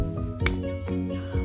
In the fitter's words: Push the cap until you hear a click sound.